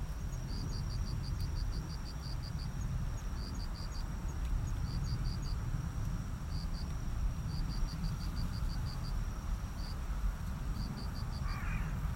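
Cricket chirping in short groups of high, even pulses, some runs of many pulses and others of two or three, over a deep continuous rumble.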